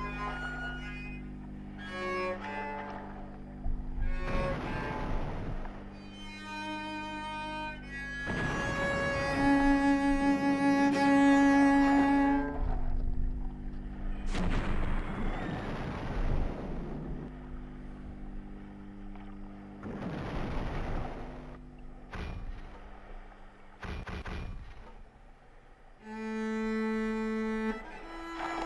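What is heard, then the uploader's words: A sustained, wavering song with held tones runs throughout, broken every few seconds by loud bursts of bomb blasts and gunfire. The beach, bombs, parachutes, gunfire and a song.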